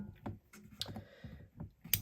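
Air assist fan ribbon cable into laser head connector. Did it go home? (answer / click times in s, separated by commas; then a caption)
yes / 1.9 s. The flat ribbon cable of an air assist fan is pushed one-handed back into its connector on a Glowforge laser cutter head. Several soft handling clicks and taps come before a sharp snap at 1.9 s, when the ribbon cable seats home in the connector.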